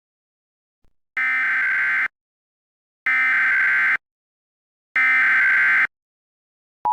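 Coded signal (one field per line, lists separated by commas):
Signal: Emergency Alert System (SAME) tones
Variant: header bursts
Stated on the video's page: Fictional alien invasion EAS scenario remake using valid SAME tones.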